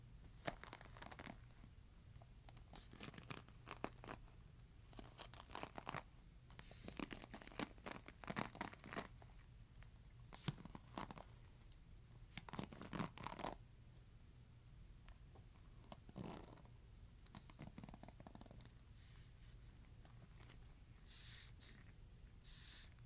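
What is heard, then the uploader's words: Brush bristles scratch and sweep in bursts of short, crisp strokes, each one a bright rustle. The strokes come irregularly throughout, sometimes in quick clusters around the middle, over a steady low hum. Near the end a few softer, sharper ticks appear. ASMR Brush Bristles.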